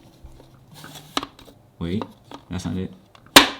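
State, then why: Seated. A plastic lid is pressed onto a film developing tank in the dark and fiddled with while someone talks. A sharp snap near 1.2 s turns out to be a false alarm. At 3.4 s the lid locks in with a loud click, leaving the tank light-sealed.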